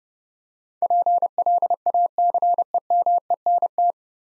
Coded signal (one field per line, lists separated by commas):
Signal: Morse code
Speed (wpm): 29 wpm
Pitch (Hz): 700 Hz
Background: none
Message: PLACEMENT